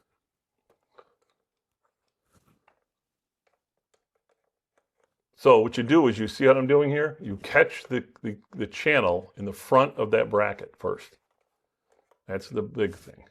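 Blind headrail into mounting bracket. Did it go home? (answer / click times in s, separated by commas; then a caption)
no / none. A Third Reality Gen 2 smart blind's headrail is lined up and its front channel caught on the wall mounting bracket, with a few faint ticks around 1.0 s and 2.7 s before someone talks from about 5.4 s onward. The headrail is hooked on the front of the bracket but has not snapped or clicked into place yet.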